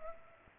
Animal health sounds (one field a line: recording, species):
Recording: mosquito wingbeat signal from an infrared sensor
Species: Culex pipiens